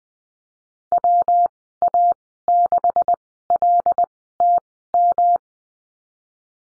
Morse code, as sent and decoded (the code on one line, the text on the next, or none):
.-- .- -.... .-.. - --
WA6LTM